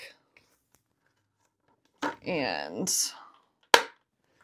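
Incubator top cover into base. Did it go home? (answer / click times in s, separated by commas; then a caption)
yes / 3.7 s. A plastic incubator top cover is lined up with its arrow above the lock mark and twisted into its base. After brief talk and some faint handling noises, a single sharp, loud click sounds at 3.7 s as the lid locks into place.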